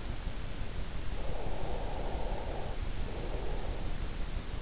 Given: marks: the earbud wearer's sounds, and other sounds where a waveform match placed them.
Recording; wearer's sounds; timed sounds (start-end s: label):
sounds in sleep by an in-ear microphone; breath
1.11-3.85 s: breath